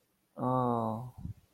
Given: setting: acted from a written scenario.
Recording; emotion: vocal sound without words; sympathy